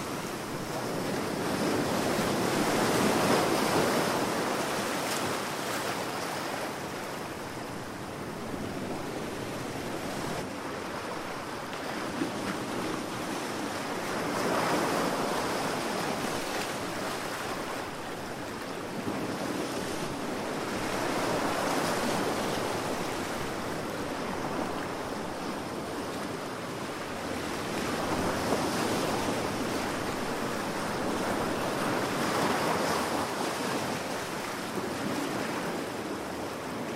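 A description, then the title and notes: Ocean waves wash in steady, rolling swells that peak every five to six seconds, a dense hiss of surf with soft low rumble beneath. The waves of the ocean.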